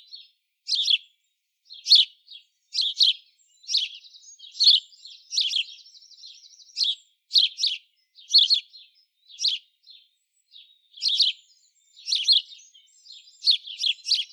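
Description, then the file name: House Sparrow giving repeated bright cheeps, one or two notes at a time, spaced roughly every second, with a short chattering rattle partway through. "Passer domesticus"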